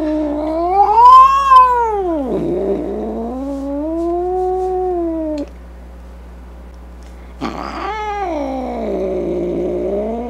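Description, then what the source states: Cat caterwauling loudly, arching yowls rising and falling, a brief silent pause, then another strong yowl. Angry cat.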